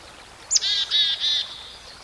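Songbird giving a single brief phrase: a sharp downslurred high note leading into three steady, buzzy notes with rich harmonics.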